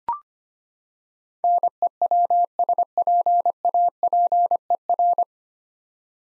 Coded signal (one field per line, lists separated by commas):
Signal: Morse code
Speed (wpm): 25 wpm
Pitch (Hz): 700 Hz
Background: none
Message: NEWSPAPER